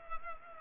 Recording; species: mosquito wingbeat signal from an infrared sensor; Culex pipiens